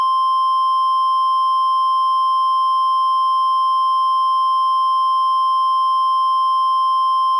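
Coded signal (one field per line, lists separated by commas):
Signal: Emergency Alert System (SAME) tones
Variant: 1050 Hz attention tone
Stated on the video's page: Fictional EAS scenario.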